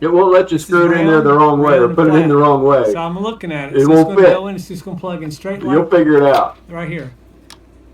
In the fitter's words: Hear it click? It's in.